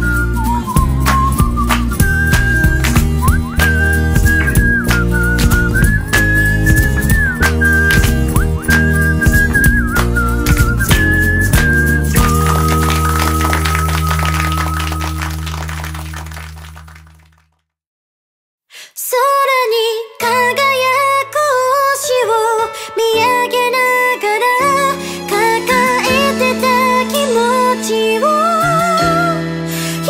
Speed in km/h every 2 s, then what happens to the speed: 2, 11, 21, 30, 38, 44, 48, 50, 52, 53, 54, 56, 56, 58, 56.
0-26 pulls away to 58.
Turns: none.